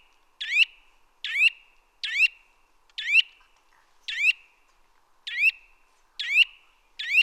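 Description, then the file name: Eurasian nuthatch calling, a sharp rising whistled note with a short level tail, repeated about eight times at slightly uneven intervals. "Sitta europaea"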